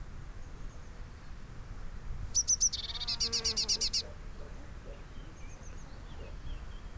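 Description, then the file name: Eurasian blue tit calling: three high thin notes followed by a fast buzzy trill of about eight repeated notes, lasting under two seconds, over low steady background noise. "Cyanistes caeruleus"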